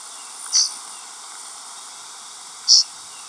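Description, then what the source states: Blue grosbeak flight calls, two short, bright, buzzy notes about two seconds apart over a steady background hiss. Perched bird in Texas, April 18, 1994, giving diurnal flight calls.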